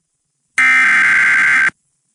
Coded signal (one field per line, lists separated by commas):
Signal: Emergency Alert System (SAME) tones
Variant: header bursts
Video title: The Tornado Festival | EAS Alerts From 4/8/21 - EAS #199 - #207